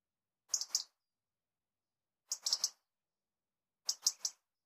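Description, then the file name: European robin uttering three short bursts of hard, high ticks, each burst of two or three clicks, spaced roughly one and a half seconds apart. "Erithacus rubecula"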